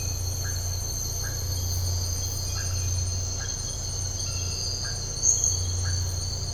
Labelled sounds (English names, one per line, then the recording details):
none
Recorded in dense forest near Puerto Asís, Putumayo, Colombia, on 13 March 2025 at 03:30
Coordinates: 0.468, -76.322
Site GP01